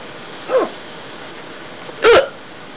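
Two sharp, brief vocal jolts about a second and a half apart, the second louder, over a steady background hiss. Each is a sudden clipped catch in the throat, typical of hiccups: the vocal cords snapping shut after an involuntary diaphragm spasm. Adult.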